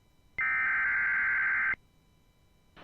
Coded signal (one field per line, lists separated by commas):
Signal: Emergency Alert System (SAME) tones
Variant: header bursts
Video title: Severe Thunderstorm Warning for multiple counties in Georgia. (EAS #82)